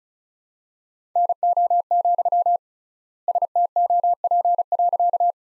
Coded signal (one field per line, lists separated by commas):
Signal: Morse code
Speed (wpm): 36 wpm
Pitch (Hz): 700 Hz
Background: none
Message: NO, STOP.